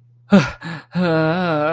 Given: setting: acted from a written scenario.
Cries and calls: vocal sound without words; ecstasy

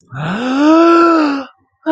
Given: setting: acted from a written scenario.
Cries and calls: vocal sound without words; distress

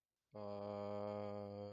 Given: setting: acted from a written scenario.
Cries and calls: vocal sound without words; confusion

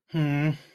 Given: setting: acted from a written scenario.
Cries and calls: vocal sound without words; shame

